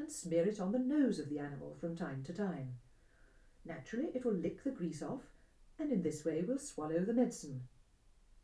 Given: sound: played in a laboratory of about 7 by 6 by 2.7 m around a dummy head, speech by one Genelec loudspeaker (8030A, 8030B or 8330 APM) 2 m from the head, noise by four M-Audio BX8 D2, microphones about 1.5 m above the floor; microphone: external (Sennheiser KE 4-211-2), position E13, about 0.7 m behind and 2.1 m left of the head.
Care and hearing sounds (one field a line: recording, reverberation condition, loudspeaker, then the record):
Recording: female speech in English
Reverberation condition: low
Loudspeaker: behind (180 degrees)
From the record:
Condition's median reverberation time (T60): about 310 ms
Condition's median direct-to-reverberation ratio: about 3.5 dB